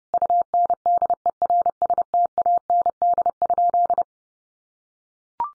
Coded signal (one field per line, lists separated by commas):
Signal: Morse code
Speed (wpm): 30 wpm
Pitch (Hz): 700 Hz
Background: none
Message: UNDERSTAND?